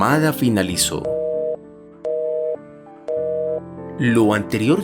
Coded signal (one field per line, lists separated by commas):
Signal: telephone call progress tone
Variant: North America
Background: speech, music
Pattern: busy tone